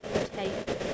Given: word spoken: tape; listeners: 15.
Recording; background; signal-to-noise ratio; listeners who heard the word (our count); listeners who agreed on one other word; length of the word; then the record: one English word in noise, from a listening test; noise modulated by three-talker babble; -4.5 dB; 2 of 15; 8 of 15; 0.54 s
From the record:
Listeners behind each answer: 8, 4, 2, 1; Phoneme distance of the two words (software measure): 10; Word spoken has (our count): 1 syllable, 3 phonemes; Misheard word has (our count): 1 syllable, 3 phonemes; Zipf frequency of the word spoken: 4.34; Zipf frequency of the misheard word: 6.08